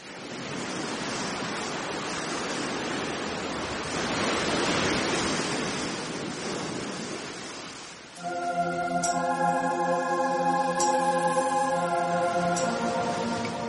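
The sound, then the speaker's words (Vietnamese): Ocean waves wash steadily onto the shore of a small island at nightfall in a broad, hissing roar that swells midway, then a sustained musical chord enters and carries on over the surf. “Trong đêm, mọi thứ đều trở nên kỳ bí, duy nhất tiếng sóng biển là vẫn đều đặn, y âm, một nhịp điệu cũ rích, không bao giờ”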